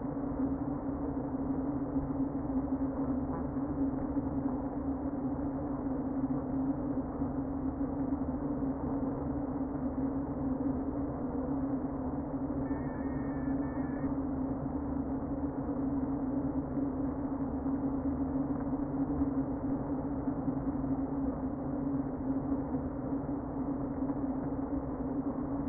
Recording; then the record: honeybee colony, microphone inside the hive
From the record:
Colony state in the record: queen present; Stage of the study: before two queens were removed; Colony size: about 60,000 bees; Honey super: yes